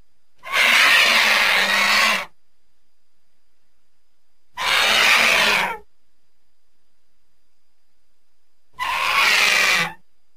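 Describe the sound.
Vulture uttering three long, harsh hissing blasts, each a second or two, with a few seconds of quiet between.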